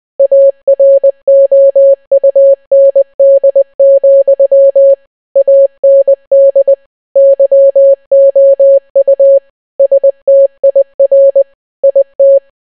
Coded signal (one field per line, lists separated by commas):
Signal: Morse code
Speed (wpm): 20 wpm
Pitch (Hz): 550 Hz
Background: none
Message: AROUND, AND YOU STIR IT